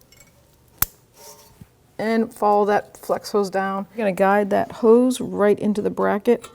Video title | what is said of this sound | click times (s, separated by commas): How to Replace Rear Brakes 2017-2022 Honda CR-V | so now we're going to put our connector back on till you hear it click | 0.8 s